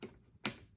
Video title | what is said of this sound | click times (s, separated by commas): The Brick Paddock: LEGO City Mobile Construction Crane! Favorite City Set? 60409 | It's snapped in. | 0.5 s